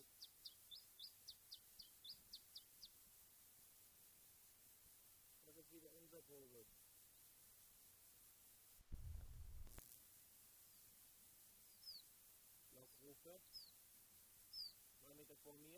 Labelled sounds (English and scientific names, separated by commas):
Iberian Chiffchaff (Phylloscopus ibericus)